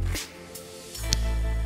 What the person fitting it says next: Nah, bunyi klik berarti udah klop.